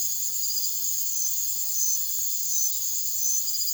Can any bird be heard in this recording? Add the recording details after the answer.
no. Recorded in secondary vegetation near Puerto Asís, Putumayo, Colombia, on 9 March 2025 at 04:00. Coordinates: 0.489, -76.322. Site G042